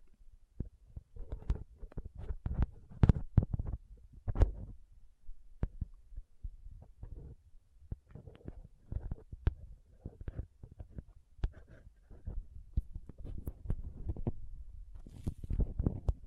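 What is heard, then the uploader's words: Soft, squishy, sticky handling sounds with occasional crinkles and cuts, made of irregular dull thumps and wet presses that come in clusters. Sharp brief clicks and crackles break through now and then. Near the end a burst of bright hissy crinkling joins the low squelches. Soft Squishy Sticky, Crinkle, Cutting Sounds.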